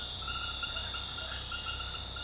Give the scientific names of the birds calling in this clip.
none